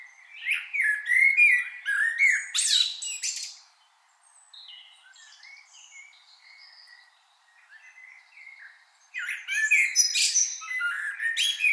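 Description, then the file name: Common blackbird making loud, rapid squeaky and warbled notes with high twitters, a quieter stretch of softer phrases, then another loud chattering burst. "Turdus merula"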